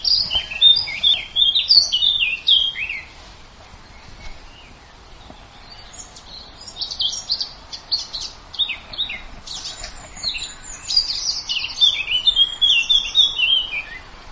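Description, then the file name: Birds singing, rapid high twittering and warbled phrases, bursts starting and stopping throughout, with faint background hiss. "birdsong diversitree"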